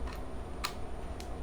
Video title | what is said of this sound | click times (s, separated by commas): UNBOXING - FIRST IMPRESSION EASY FLOW MASK - TONIAVILES | I-click nyo lang para ma-lock siya. | 1.2 s